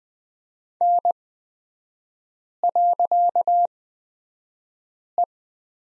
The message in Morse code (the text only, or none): N.E